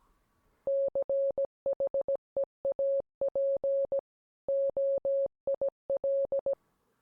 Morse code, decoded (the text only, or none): CHEAP OIL